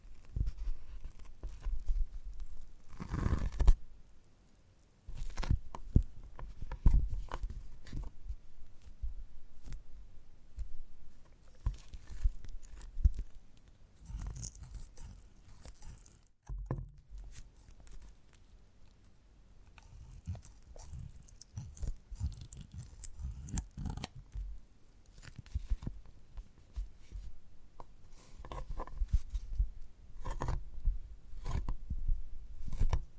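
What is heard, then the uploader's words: Someone chews and bites a giant gummy bear, with irregular sticky crunches and tearing sounds, brief pauses, and loud bursts around four and seven seconds. ASMR of a Giant Gummy Bear (No Talking).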